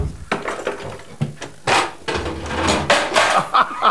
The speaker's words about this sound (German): Hast du gehört? Jemand klopft an die Tür. Herein, unten drücken, oben schieben.